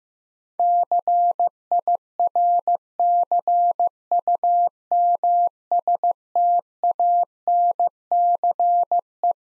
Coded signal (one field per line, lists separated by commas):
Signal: Morse code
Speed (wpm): 15 wpm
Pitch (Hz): 700 Hz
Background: none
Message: CIRCUMSTANCE